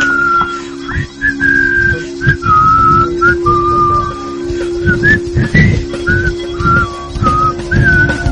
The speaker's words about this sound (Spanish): En ella, un personaje de la película, durante 7 segundos, silbaba la interna.